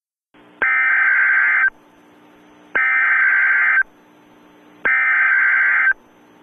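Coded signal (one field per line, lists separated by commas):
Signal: Emergency Alert System (SAME) tones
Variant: header bursts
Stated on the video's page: Simulated, requested EAS scenario with local area emergency, hazardous materials, shelter-in-place and civil danger warnings.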